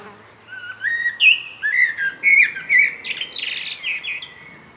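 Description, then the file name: Common blackbird singing clear, mellow fluted whistles that waver in pitch, followed by a burst of thin, high twittering. "Turdus merula"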